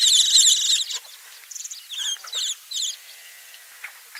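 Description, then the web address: Fischer's lovebird shrieking, a loud harsh burst of piercing calls at the start, followed by shorter clipped squeaky notes that fade into quieter chatter. "golosa ptic kak poyut popugai nerazlucniki agapornis. agapornis fischeri"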